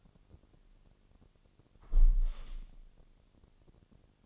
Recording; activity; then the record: daily activity, microphone in the room; close window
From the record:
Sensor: 4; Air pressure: 1001.2 hPa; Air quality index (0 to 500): 178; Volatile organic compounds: 2 ppm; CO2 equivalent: 1272 ppm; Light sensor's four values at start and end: 12/28/11/12 and 12/28/11/12